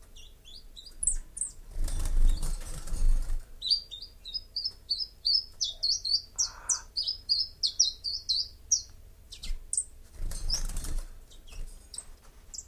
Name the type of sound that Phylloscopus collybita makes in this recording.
song